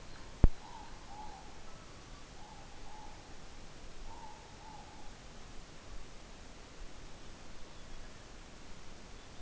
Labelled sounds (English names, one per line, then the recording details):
Morepork more-pork call
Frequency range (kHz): Morepork 0.6-1.3 kHz
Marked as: faintness 3/5
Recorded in New Zealand on 12 November 2013
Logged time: 02:19
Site Ponui